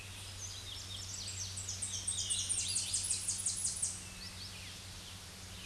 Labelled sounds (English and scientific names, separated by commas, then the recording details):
Tennessee Warbler (Leiothlypis peregrina) song
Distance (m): 15 m
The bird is about 10 m above the microphone
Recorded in a Pennsylvania forest on 16 May 2024 at 07:57
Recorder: AudioMoth, point MSD-2107
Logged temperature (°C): 16.1 °C
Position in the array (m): 31 m, 128 m